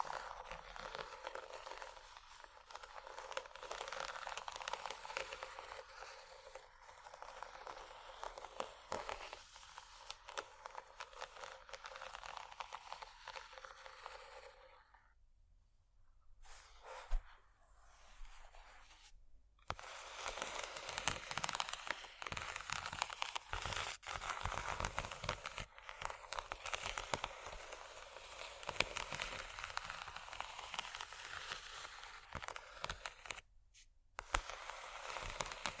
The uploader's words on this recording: ASMR Bumpy Textured Items Scratching（No Talking）.